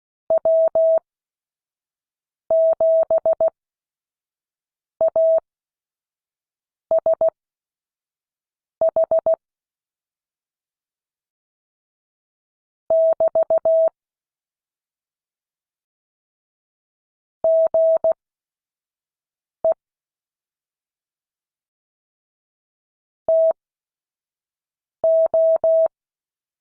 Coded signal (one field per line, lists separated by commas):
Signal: Morse code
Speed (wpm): 16 wpm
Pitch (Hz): 650 Hz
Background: none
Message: W7ASH <BT> GE TO